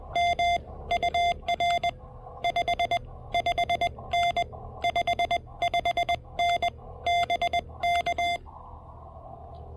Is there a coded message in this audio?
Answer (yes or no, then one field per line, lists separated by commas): yes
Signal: Morse code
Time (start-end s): 0.2-8.4 s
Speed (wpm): 20 wpm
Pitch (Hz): 700 Hz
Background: none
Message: M UR 55N 55N BK